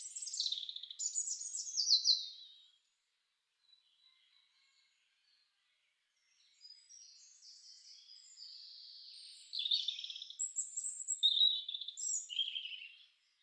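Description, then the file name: European robin song: descending silvery notes, a short silence, then soft sustained whistles building to a rich, varied twittering phrase. "roodborst"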